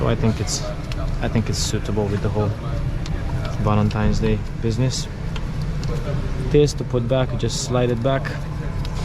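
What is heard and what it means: Someone talks while refitting the thermostat on an Audi Q5 2.0 TFSI engine, sliding a removed part back onto the thermostat housing over a steady low background hum. Nothing has seated or clicked into place yet.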